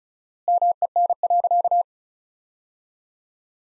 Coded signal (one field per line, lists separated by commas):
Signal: Morse code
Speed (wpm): 34 wpm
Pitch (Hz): 700 Hz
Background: none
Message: MEN.